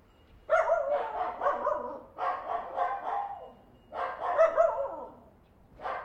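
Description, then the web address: Small dog giving rapid yapping barks in four bursts separated by brief gaps, each burst a quick string of high barks. Small dog, three barking. "Sound Effects-Foundation 1 ANIMAL DOG SMALL THREE BARKING"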